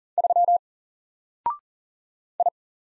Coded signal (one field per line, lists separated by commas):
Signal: Morse code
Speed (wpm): 40 wpm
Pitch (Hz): 700 Hz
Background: none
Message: 3 I